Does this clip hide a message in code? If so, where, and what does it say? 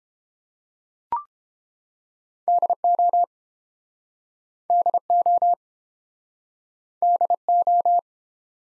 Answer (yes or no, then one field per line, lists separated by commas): yes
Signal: Morse code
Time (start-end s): 2.5-8.0 s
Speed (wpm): 30 wpm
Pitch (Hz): 700 Hz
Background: none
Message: DO DO DO